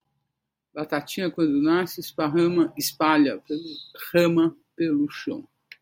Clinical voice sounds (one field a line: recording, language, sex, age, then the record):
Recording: short text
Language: Brazilian Portuguese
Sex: male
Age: 70 to 79 years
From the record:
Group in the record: control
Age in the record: 70 years